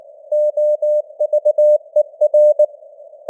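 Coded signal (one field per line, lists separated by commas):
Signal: Morse code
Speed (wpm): 19 wpm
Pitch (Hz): 600 Hz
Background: none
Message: OVER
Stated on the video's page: Computer-generated 19 wpm Morse news headlines with simulated radio noise and varying signal strength (QSB).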